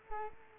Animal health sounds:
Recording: mosquito wingbeat signal from an infrared sensor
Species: Culex quinquefasciatus

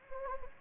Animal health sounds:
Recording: mosquito wingbeat signal from an infrared sensor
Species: Anopheles gambiae

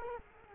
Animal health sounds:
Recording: mosquito wingbeat signal from an infrared sensor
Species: Culex quinquefasciatus

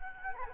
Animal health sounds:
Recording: mosquito wingbeat signal from an infrared sensor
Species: Culex quinquefasciatus

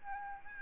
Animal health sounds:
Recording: mosquito wingbeat signal from an infrared sensor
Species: Aedes albopictus

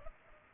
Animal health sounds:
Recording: mosquito wingbeat signal from an infrared sensor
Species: Culex pipiens

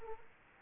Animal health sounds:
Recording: mosquito wingbeat signal from an infrared sensor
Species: Anopheles arabiensis

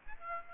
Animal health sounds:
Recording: mosquito wingbeat signal from an infrared sensor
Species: Aedes aegypti

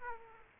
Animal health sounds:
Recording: mosquito wingbeat signal from an infrared sensor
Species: Aedes aegypti

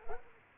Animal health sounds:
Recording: mosquito wingbeat signal from an infrared sensor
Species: Culex quinquefasciatus

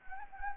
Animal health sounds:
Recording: mosquito wingbeat signal from an infrared sensor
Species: Anopheles gambiae

